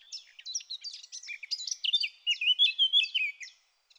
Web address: SETE data Sylvia atricapilla